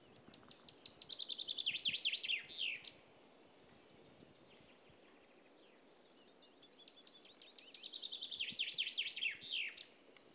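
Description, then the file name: Common chaffinch delivering two full song phrases about six seconds apart, each an accelerating cascade of high, sharp notes closing with a quick terminal flourish, with soft hiss. "Fringilla coelebs"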